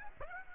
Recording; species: mosquito wingbeat signal from an infrared sensor; Aedes aegypti